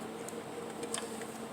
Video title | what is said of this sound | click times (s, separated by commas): Dell Optiplex 755 reassembly | you just click it and it just snaps into place stuff just snaps into place | 0.9 s